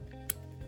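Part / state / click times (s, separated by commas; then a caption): carry handle into its detent position on a water jug / seated / 0.3 s. The multi-position carry handle on a Hydro Gallon Tactical one-gallon plastic water jug is moved into its detent position. A sharp click at 0.3 s over a steady low hum shows the handle seating, and it then holds in place.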